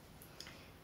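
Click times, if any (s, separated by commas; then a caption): none. Someone presses the two halves of a metal press-stud snap fastener on a sewn fabric skirt together, and the snaps seem pushed in far enough but refuse to clip. Faint ticks at about 0.2 s and a sharper one at 0.4 s are the parts touching without engaging. Nothing has snapped shut or clicked yet.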